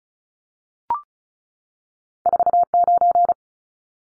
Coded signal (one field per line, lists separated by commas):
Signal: Morse code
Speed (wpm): 34 wpm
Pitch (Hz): 700 Hz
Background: none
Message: 49